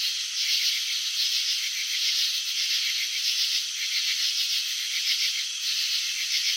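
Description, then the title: Cricket chirps form a continuous high rattling trill, its fine pulses rising and falling slightly in loudness throughout. Crickets chirping, filmed in slow motion; wing vibrations and antenna movements shown. "Crickets in Slow Motion 📷. Capturing the Elegance of Chirping"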